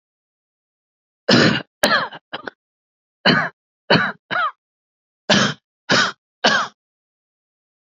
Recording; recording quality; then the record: heavy voluntary cough; excellent, no background noise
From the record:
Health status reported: healthy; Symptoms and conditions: none ticked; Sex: male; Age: 60 years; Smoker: not ticked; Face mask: worn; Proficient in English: yes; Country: India